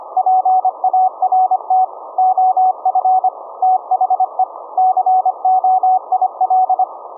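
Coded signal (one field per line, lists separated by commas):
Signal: Morse code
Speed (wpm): 25 wpm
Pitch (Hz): 750 Hz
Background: none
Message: PART OF THE COIL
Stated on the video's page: 1-watt QRP VLF CW at 17.650 kHz, sent from a Raspberry Pi USB sound card into a 21-foot delta loop, received via ferrite-core Tesla coil and SDR.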